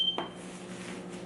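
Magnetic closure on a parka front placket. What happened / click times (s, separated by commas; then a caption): A fabric closure is handled but has not snapped shut / none. The magnetic storm-flap closure on the front placket of a Nobis Yatesy winter parka is handled, with a brief soft rustle near 0.2 s over a steady low hum and a faint high tone at the start. Nothing has snapped shut or seated yet.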